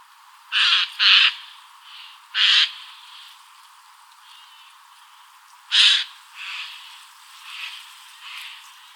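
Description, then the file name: Eurasian jay uttering harsh, rasping screeches, a close pair then single ones spaced a few seconds apart, followed by softer, quieter rasps. "Garrulus glandarius"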